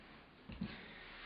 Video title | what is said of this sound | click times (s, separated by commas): Zenza Bronica Assembly | it in here like this now here and then again till you hear a snap | 0.5 s